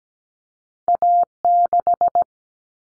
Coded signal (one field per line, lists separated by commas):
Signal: Morse code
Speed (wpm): 17 wpm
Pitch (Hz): 700 Hz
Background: none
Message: A6